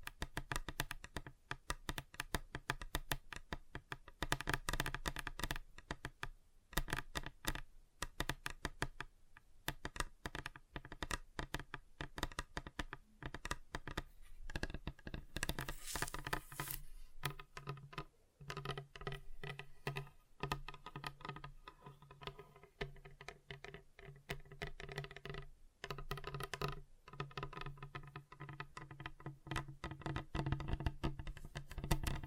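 Fingers tap on a table in dense, fast bursts, like rapid drumming or typing, with brief pauses every few seconds. The taps sound woody and mid-toned over a steady low hum. Around sixteen seconds a short brighter hiss rises above the tapping.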